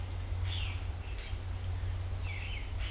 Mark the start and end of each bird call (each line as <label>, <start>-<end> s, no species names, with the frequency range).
bird call (1.8-3.9 kHz), 0.46-0.74 s
bird call (1.6-3.8 kHz), 2.22-2.59 s